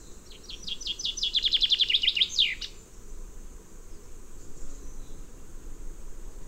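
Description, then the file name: Common chaffinch song: a cascading series of sharp notes accelerating into a dense trill, finishing with a brief downward flourish, then only quiet background hiss. "Fringilla coelebs"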